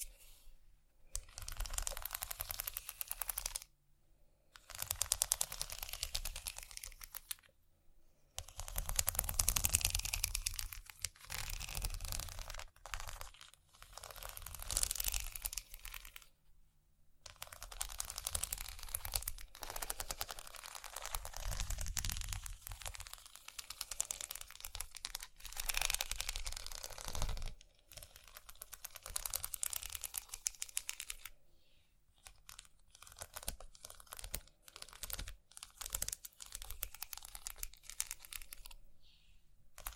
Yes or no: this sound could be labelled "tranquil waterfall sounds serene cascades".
no